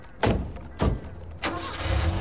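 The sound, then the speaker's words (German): Three dull thunks like car doors shutting, then an engine turns over and settles into a steady low rumble with a faint hum, as police officers get into their car and drive off from a yard. “Sie gingen mit Pasewald zu ihrem Wagen und fuhren vom Hof.”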